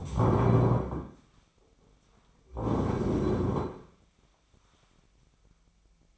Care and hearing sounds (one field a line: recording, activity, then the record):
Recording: daily activity, microphone in the room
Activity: stand up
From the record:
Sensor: 1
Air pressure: 1009.3 hPa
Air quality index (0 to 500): 180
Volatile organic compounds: 3 ppm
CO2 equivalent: 1514 ppm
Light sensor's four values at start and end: 41/110/45/54 and 39/102/42/50